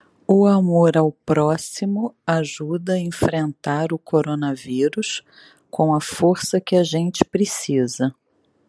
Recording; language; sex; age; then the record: spoken sentence; Brazilian Portuguese; female; 50 to 59 years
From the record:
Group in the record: control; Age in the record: 51 years